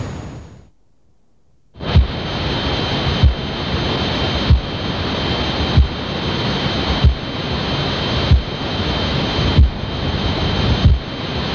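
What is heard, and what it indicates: After a brief silence, a loud steady rushing hiss begins, with two thin high-pitched whistling tones and a soft rhythmic thump about 47 times a minute. It is a synthesized simulation of tinnitus, the constant ringing or rushing that sufferers hear in their head.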